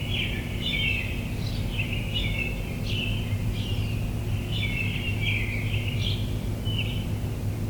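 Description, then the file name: Bird chirping in quick repeated twitters over a steady background drone. Recorded in the morning. "admiralbob 77-bird sounds in the morning"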